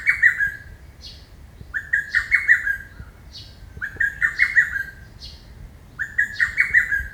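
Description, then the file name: Lesser cuckoo singing its emphatic, rapid phrase of several sharp notes, repeated about every two seconds, four phrases in all, over a quiet background. "hototogisu"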